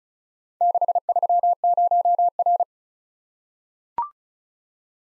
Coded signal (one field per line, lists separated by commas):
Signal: Morse code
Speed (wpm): 36 wpm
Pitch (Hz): 700 Hz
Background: none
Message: 630R